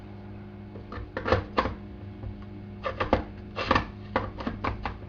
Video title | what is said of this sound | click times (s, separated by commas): M1 Garand Field Strip | push this back in and locks in place | 4.2 s